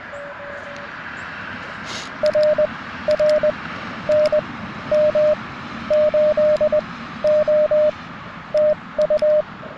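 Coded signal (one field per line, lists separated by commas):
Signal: Morse code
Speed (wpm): 20 wpm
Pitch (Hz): 610 Hz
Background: none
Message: R R N M 8 O TU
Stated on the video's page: QRP CW Parks on the Air activation with a Mountain Topper MTR4B and BaMaKeY paddles, rough band conditions, weaker signals than normal.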